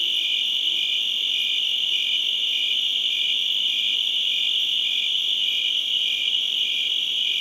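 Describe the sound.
Crickets giving a steady, shrill, high chorus of fast pulsing chirps that never stops, with a faint low sound briefly near the start.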